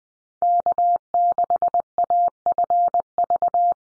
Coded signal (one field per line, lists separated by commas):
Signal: Morse code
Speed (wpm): 20 wpm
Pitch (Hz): 700 Hz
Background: none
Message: K6AFV